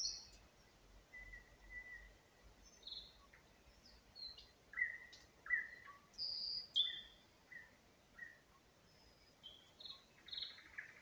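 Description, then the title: Nightingale delivering varied phrases: long pure whistles, sharp up-slurred notes and quick chirps, with brief silences between phrases. Singing in spring near Huncha, Vinnytsia Oblast, Ukraine, by an unnamed road. "Unnamed Road, Гунча, Вінницька область, Україна, 23724-Spring, nightingale singing"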